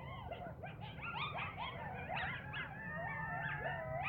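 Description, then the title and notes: Coyotes in a dense chorus of rapid yips and sliding, wavering howls, overlapping continuously throughout, with low rumbling background noise. Coyotes heard in a yard on January 31. "Coyotes in my yard - Jan 31 by Heather Schlegel"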